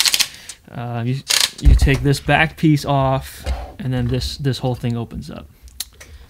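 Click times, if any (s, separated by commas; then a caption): 5.8 s. Someone talks while moving a plastic hinged part on a Mega Construx Halo Infinite Pelican construction-toy aircraft model, with a few sharp clicks right at the start. A sharp click at 5.8 s marks the building-set joint seating into position.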